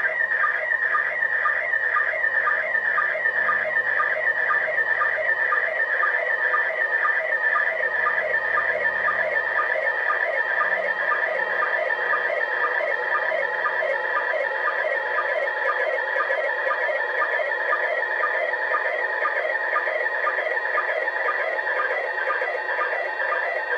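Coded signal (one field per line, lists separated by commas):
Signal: SSTV (slow-scan television)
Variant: PD120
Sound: continuous warbling, chirping tone with a steady rhythmic tick about twice a second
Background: radio static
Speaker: there's a two-minute pause between images I'm not sure if we're gonna be able to catch the next image or not but we got one not the prettiest one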